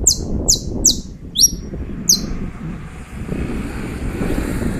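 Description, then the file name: Saffron finch song, five sharp high chips spaced about half a second apart in the first two seconds, followed by a hissing, rumbling background like passing traffic. "Canto-do-Canário-da-Terra"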